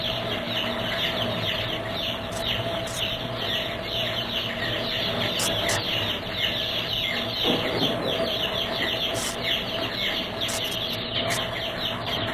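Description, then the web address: Birds in a dense, continuous chorus of overlapping chattering and clucking calls, with no pauses, over a steady hum. "Звуки природы - птицы"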